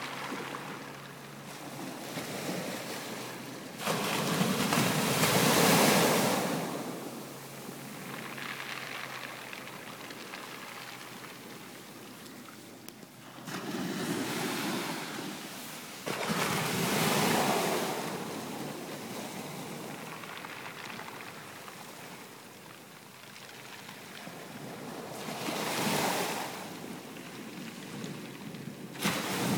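The tide draws back across the shore in slow, rolling swells of hiss and wash. Louder surges arrive around 5, 15 and 26 seconds, each fading into a softer, fizzing retreat. A low rumble of wind sits underneath throughout.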